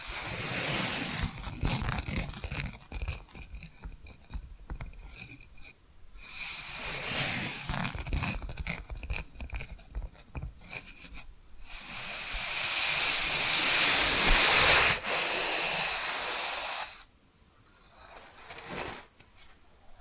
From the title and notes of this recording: ASMR 10 Hypnotic Tapping & Scratching Sounds for DEEP SLEEP (No Talking).